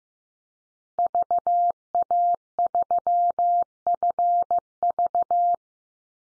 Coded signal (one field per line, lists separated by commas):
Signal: Morse code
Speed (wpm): 15 wpm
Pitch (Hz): 700 Hz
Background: none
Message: VA3FV